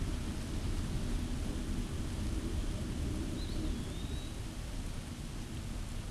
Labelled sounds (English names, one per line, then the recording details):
Eastern Wood-Pewee song
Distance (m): 50 m
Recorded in a Pennsylvania forest on 17 May 2023 at 14:06
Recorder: AudioMoth, point grid1_40_low
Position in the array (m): 99 m, 192 m